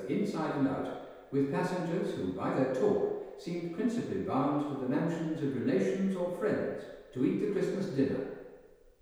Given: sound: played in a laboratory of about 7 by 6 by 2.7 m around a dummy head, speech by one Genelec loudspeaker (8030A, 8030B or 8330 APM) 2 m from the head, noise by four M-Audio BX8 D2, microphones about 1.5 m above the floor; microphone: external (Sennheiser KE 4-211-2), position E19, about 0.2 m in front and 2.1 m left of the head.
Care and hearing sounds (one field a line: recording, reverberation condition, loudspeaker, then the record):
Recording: male speech in English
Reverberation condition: high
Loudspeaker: 150 degrees to the right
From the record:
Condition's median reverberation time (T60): about 1300 ms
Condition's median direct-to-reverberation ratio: about -4.0 dB